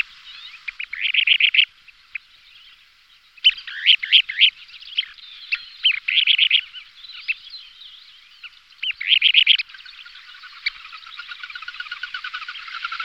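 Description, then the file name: Kentish plover calls in short bursts of rapid, high chattering notes with pauses between, then a softer fast trill of repeated notes toward the end. "kulík-mořský"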